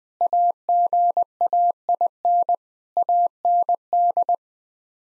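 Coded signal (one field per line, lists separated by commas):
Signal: Morse code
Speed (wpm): 20 wpm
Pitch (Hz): 700 Hz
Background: none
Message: AGAIN AND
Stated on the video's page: Morse practice at 20 wpm: sets of nine common words for head-copy, each sent twice.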